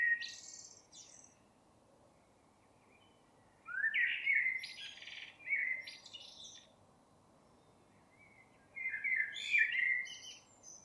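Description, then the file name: Common blackbird song of mellow whistled phrases with squeaky high codas, three bursts separated by pauses. "Turdus merula"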